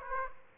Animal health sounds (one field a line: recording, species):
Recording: mosquito wingbeat signal from an infrared sensor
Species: Aedes aegypti